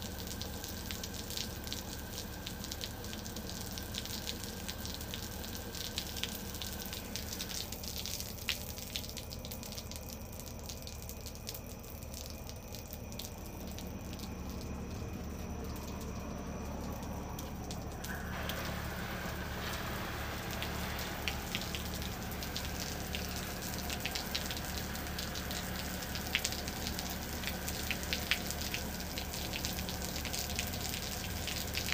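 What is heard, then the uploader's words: A steady trickle of water runs through a still summer night, with a low, even hum underneath. A thin insect trill sounds at the start, drops out around eight seconds, and returns near eighteen seconds, while faint ticks and chirps scatter throughout. Still Summer Night With Watery Stream and Calm Crickets. This episode starts with a night watering of our porch ferns then sitting still listening to the noises of the night.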